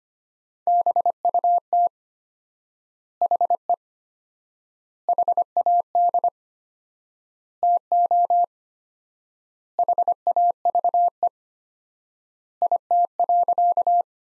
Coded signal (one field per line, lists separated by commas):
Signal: Morse code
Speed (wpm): 25 wpm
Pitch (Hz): 700 Hz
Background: none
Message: BUT HE HAD TO HAVE IT.